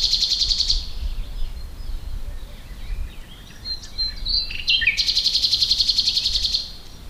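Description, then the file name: Common nightingale song, a loud buzzing rapid trill, a pause with scattered chirps, then another long throbbing trill. "Luscinia megarhynchos"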